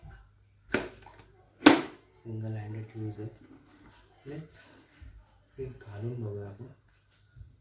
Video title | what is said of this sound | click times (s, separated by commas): my new smk helmets unboxing | असा open केला की दोन क्लिक मध्ये ओपन होतो सिंगल | 0.7 s, 1.7 s